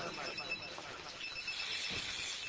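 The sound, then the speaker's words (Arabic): A telephone rings with a thin, high-pitched electronic tone pulsing in short repeated bursts, while a voice murmurs faintly underneath. “نعم، لو ما كان محرم لدعوت على هذا الهاتف.”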